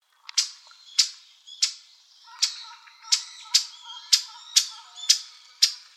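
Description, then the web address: Bird uttering loud, sharp, high chips at irregular intervals of roughly half a second, with fainter, lower notes between them. "birdenaga sirohara"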